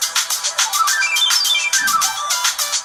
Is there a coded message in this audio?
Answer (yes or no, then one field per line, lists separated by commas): no